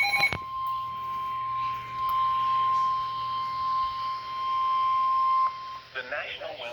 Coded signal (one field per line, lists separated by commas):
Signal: Emergency Alert System (SAME) tones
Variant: 1050 Hz attention tone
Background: speech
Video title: Idk what to call this (eas alerts from june something 2025)